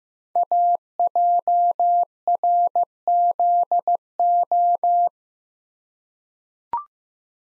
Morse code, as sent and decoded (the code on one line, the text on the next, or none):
.- .--- .-. --.. ---
AJRZO